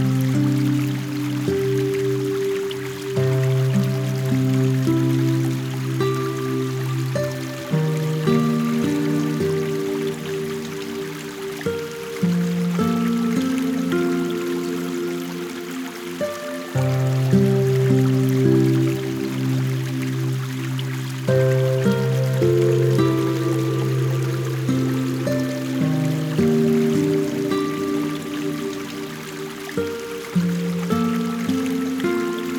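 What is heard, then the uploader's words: Soft music of slow, sustained low and mid tones moves through gentle chord changes every second or two, pausing briefly around 17 seconds before resuming. A faint, steady trickle of small stream water runs underneath throughout at an even level. Sleepy Small Stream Water Sounds and Music. The water and nature sounds.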